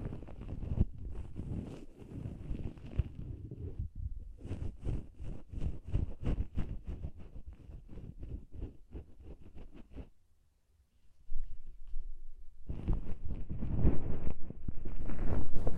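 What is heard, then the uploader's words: Soft scraping and fluffy rubbing sounds from ear cleaning, with dense crackles and taps on a low, muffled rumble. The rustling runs steadily, drops to near silence around ten to eleven seconds, then returns fuller and louder to the end. Removes fluffy earwax, numbs the ear without harshness, produces delicate sound.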